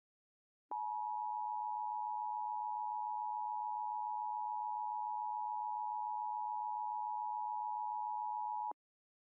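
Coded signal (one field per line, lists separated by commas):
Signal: Emergency Alert System (SAME) tones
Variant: 853 and 960 Hz attention tone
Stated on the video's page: Fictional alert scenario.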